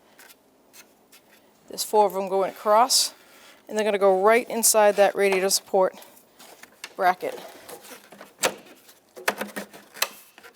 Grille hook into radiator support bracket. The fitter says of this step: hear them click the